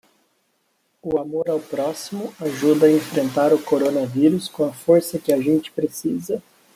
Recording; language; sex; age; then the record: spoken sentence; Brazilian Portuguese; male; 30 to 39 years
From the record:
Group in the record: control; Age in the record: 32 years